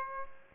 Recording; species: mosquito wingbeat signal from an infrared sensor; Aedes aegypti